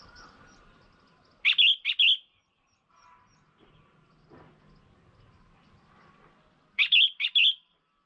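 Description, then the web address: Red-whiskered bulbul calls: two quick bursts of three or four liquid, chirpy notes, one early and one near the end, with a faint low hum between. Female bird. "tieng chao mao mai. tieng dong vat"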